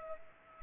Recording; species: mosquito wingbeat signal from an infrared sensor; Culex pipiens